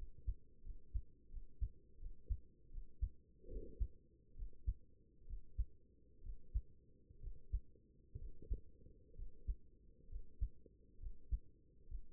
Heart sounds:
heart sounds by stethoscope; 69 bpm
0.62 s: heartbeat
1.29 s: heartbeat
1.98 s: heartbeat
2.69 s: heartbeat
3.48 s: heartbeat
4.34 s: heartbeat
5.25 s: heartbeat
6.21 s: heartbeat
7.19 s: heartbeat
8.17 s: heartbeat
9.14 s: heartbeat
10.08 s: heartbeat
10.98 s: heartbeat
11.87 s: heartbeat
From the record:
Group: healthy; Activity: breath hold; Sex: female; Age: 23 years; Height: 160 cm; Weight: 50.4 kg

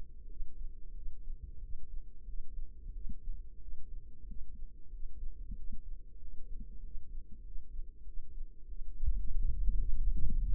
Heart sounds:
heart sounds by microphone in the left ear; 93 bpm
0.26 s: heartbeat
0.92 s: heartbeat
1.59 s: heartbeat
2.24 s: heartbeat
2.91 s: heartbeat
3.58 s: heartbeat
4.25 s: heartbeat
4.89 s: heartbeat
5.54 s: heartbeat
6.18 s: heartbeat
6.81 s: heartbeat
7.42 s: heartbeat
8.03 s: heartbeat
8.65 s: heartbeat
9.31 s: heartbeat
9.99 s: heartbeat
From the record:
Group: healthy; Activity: cold pressor test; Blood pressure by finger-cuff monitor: 86/57 mmHg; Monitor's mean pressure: 69 mmHg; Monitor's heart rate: 93 bpm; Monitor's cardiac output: 7.5 L/min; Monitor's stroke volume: 81 mL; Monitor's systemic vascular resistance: 670 dyn s/cm5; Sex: female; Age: 22 years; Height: 163 cm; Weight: 67.1 kg

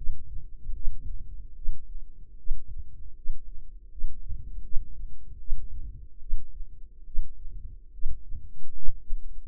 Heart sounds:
heart sounds by microphone in the left ear; 75 bpm
0.74 s: heartbeat
1.55 s: heartbeat
2.37 s: heartbeat
3.16 s: heartbeat
3.90 s: heartbeat
4.63 s: heartbeat
5.39 s: heartbeat
6.20 s: heartbeat
7.05 s: heartbeat
7.92 s: heartbeat
8.74 s: heartbeat
From the record:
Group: healthy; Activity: rest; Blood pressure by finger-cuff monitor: 98/44 mmHg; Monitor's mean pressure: 57 mmHg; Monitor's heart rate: 77 bpm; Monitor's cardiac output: 7.5 L/min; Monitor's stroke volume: 96 mL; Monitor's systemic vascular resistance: 550 dyn s/cm5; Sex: male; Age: 25 years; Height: 170 cm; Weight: 70.4 kg

